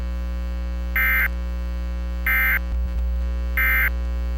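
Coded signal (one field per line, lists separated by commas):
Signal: Emergency Alert System (SAME) tones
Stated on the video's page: Alerts relayed over NOAA Weather Radio stations: high wind and severe thunderstorm warnings issued by Sterling, VA during a thunderstorm line.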